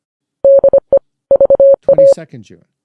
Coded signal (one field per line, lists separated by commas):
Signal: Morse code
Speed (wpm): 25 wpm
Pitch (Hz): 550 Hz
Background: speech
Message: DE VA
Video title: Lviv: Another crushing blow—Episode 80 of the first English podcast on the Eastern Front of World Wa